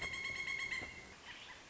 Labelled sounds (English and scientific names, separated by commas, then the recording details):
Pileated Woodpecker (Dryocopus pileatus)
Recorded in Sonoma County, California